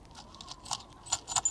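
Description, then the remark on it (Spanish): A small bag of coins is shaken, giving several quick bursts of bright metallic jingling and clinking, soft at first and then louder toward the end, with no voices. “Agita un saquito con monedas.”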